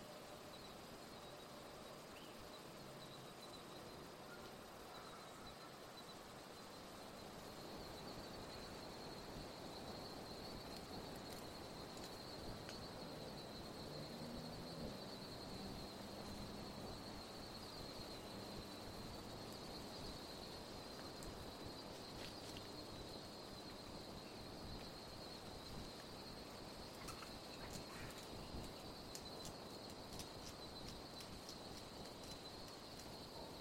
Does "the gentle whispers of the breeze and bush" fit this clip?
yes